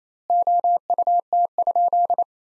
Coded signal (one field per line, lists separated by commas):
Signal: Morse code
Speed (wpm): 28 wpm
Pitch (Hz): 700 Hz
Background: none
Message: OUT?